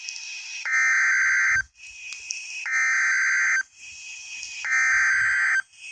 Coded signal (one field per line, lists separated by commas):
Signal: Emergency Alert System (SAME) tones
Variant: header bursts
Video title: EAS 52 and 53 Severe Thunderstorm Warnings